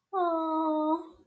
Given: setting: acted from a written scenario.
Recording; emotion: vocal sound without words; disappointment